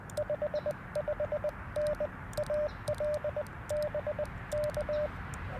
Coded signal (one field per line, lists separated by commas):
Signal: Morse code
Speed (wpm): 20 wpm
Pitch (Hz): 600 Hz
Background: radio noise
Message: 55N AL BK